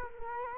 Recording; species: mosquito wingbeat signal from an infrared sensor; Culex quinquefasciatus